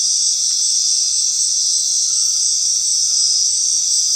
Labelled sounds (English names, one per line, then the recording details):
none
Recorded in dense forest near Puerto Asís, Putumayo, Colombia, on 18 February 2024 at 19:00
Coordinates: 0.499, -76.324
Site G6469